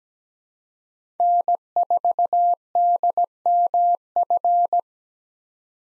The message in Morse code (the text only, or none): N4DMF